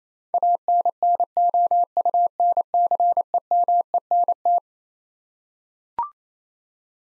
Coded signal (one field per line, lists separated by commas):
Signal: Morse code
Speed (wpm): 27 wpm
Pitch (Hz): 700 Hz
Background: none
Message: ANNOUNCEMENT